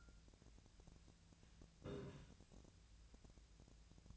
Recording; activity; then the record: daily activity, microphone in the room; take from stove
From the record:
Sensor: 2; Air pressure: 1009.8 hPa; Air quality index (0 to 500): 181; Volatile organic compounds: 10 ppm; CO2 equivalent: 2263 ppm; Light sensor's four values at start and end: 30/74/32/35 and 30/74/32/35